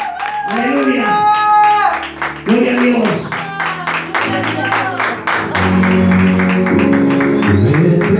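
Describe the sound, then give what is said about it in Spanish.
An audience breaks into steady, loud applause for the Lord, dense clapping running the whole time beneath sung, drawn-out voices and musical tones. “Dale un fuerte aplauso, Señor.”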